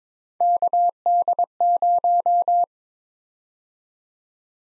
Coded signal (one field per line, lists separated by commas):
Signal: Morse code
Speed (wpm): 22 wpm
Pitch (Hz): 700 Hz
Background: none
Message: KD0